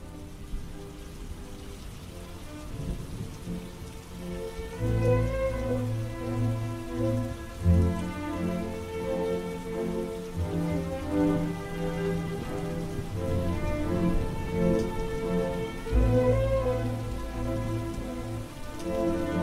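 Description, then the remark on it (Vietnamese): Steady rain hisses throughout over a cemetery, joined by deep low rumbles that swell in around five seconds and again near sixteen, with faint sustained tones underneath and no one speaking. “Trong tiếng mưa, bà cụ vẫn còn nghe mơ hồ có tiếng cười lanh lảnh vang lên khắp cả nghĩa trang.”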